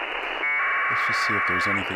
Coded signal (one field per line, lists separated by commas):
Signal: packet radio (AX.25, as in APRS)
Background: speech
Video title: Decoding APRS with SDRuno & MultiPSK (MV015)